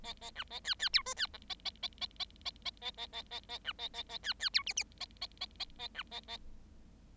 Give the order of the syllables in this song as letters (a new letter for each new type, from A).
A A B A C C D E C F A A A A A A A A A A A A B A A A C C D G G A A A A A B A A